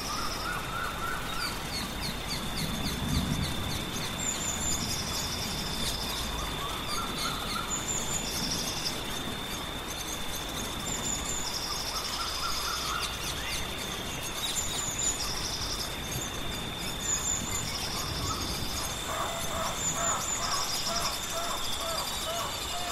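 Rain falls steadily in a forest, a dense, even hiss that holds at one level throughout. Birds chirp and call over it every few seconds, short bright notes, while a thin high tone runs unbroken in the background and brief low rumbles come and go.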